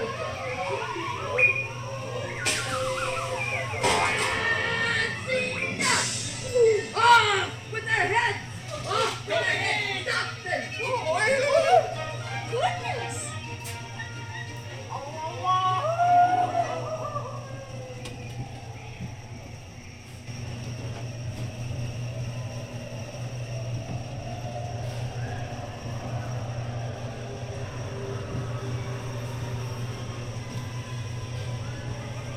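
Ambience from the Mad Tea Party and Alice in Wonderland rides: a steady low rumble, busy voices and clatter early, quieter machine hum after twenty seconds.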